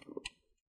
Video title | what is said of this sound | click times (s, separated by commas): How to Replace the Battery for the Dell Inspiron 3501 Reg P90f Laptop: Step-by-Step Guide🔋 | you're gonna hear a few clicks that's what you want to hear | 0.0 s, 0.1 s, 0.2 s, 0.3 s